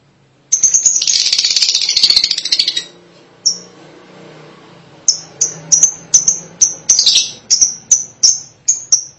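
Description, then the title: Lovebird calls: a harsh chattering burst of over two seconds, a gap with a single chirp, then a steady rapid series of short piercing chirps. "BM Suara Burung Lovebird"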